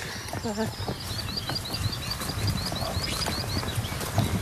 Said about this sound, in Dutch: Wat horen we? Een blauwborst. Een vogel die meer ook in riet zit, maar hier op de heide ook wel aanwezig is. Met een mooie blauwborst. Mannetje toch. Dat is hem.